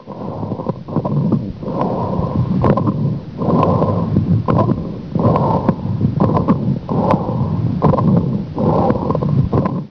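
Lung sounds heard through a stethoscope on an adult chest, with repeated breath cycles.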